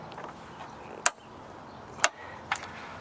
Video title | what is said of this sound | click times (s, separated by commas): Ford C-Max - Complete Rear Suspension Rebuild | There's one click. | 1.1 s